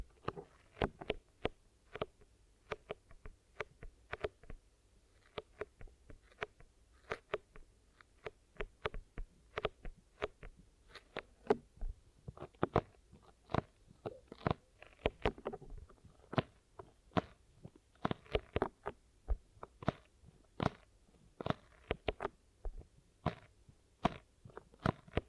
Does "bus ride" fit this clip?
no